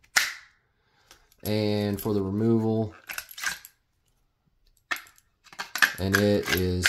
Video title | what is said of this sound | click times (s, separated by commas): Ruger LCRX 38 Special 3 inch Holster Options | I'm going to show you right now so when you go to slide it in it slides in nice and you're going to hear click | 0.2 s